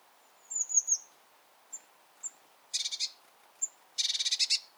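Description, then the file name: Eurasian blue tit mixing thin, very high tseep notes with two bursts of rapid buzzy churring, the second churr longer, amid quiet background. "Cyanistes caeruleus"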